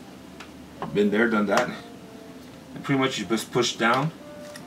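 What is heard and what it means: A memory module (RAM stick) is being handled and pushed down toward its motherboard DIMM slot while someone talks. The module has not seated or clicked into place yet.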